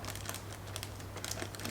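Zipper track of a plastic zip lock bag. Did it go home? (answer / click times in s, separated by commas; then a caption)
no / none. The plastic zipper track of a half-full zip lock bag of water is handled as it is pressed shut, giving a quick series of small, sharp clicks and crinkles over a steady low hum. Nothing has seated or clicked home yet; the seal is not fully closed when the clip ends.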